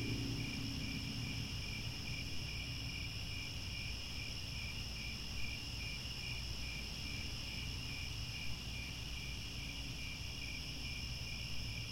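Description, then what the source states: Dense cricket chirping, pulsed beats clearly repeating in the lower trill band while higher layers drone on, low rumbling noise throughout. Cricket chorus recorded at twilight, as the sun sets.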